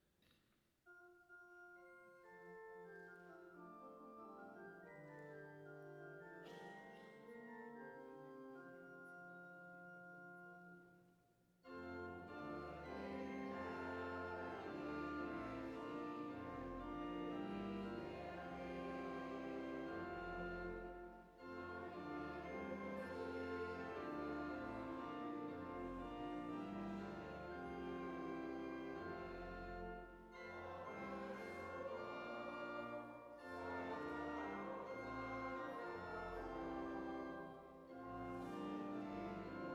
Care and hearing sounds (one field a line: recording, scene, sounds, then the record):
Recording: everyday scene through a hearing-aid microphone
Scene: reverberant space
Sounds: music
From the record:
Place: church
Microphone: behind the ear, left, front